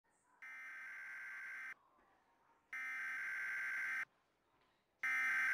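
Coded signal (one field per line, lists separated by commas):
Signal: Emergency Alert System (SAME) tones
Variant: header bursts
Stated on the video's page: Meme EAS parody with SAME header beeps at the beginning.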